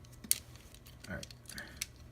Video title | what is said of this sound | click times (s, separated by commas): Volcanicus Week (Day 7) - Transformers Power of the Primes VOLCANICUS review | fold this down and this will snap into place like that | 0.3 s